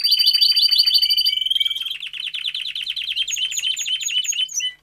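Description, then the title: Domestic canary song, quick chopped notes giving way to a long rolling trill of rapidly repeated syllables, bright and high-pitched throughout. Male Belgian canary singing a lot, for training and warming up young canaries. "Canary Training Esquente Seu Filhote E Canario Belga Macho Cantando Muito"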